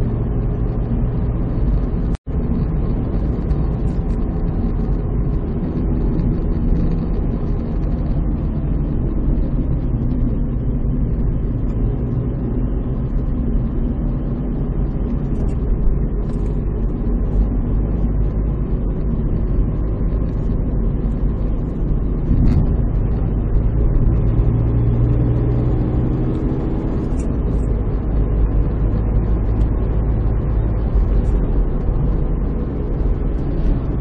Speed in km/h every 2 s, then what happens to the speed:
67, 66, 63, 59, 51, 44, 49, 53, 55, 57, 56, 59, 67, 70, 74, 73, 69.
0-9 slows to 44. 10-14 speeds up to 53. 14-21 steady at about 55. 21-28 speeds up to 74.